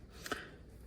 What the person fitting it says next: and then it clicks down like so.